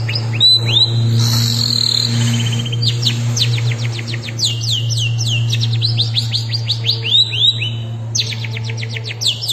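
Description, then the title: Long-tailed shrike song: dense, continuous medley of quick whistles, chirps and fast repeated notes, with a loud steady low hum underneath. Combination song (kombinasi). "Cendet Kombinasi"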